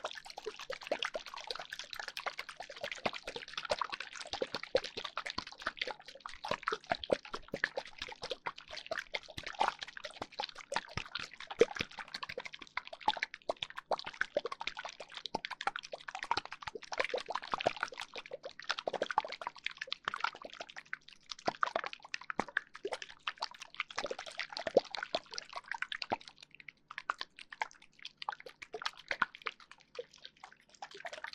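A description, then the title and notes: Rapid tapping runs without pause for the whole half minute, a dense scatter of crisp, bright little clicks that never settles into a regular beat. The loudness stays even throughout, with occasional sharper taps standing out, against a quiet, faint low hum. 解壓．觸發．敲擊 | Tapping for Tingles | NO Talking.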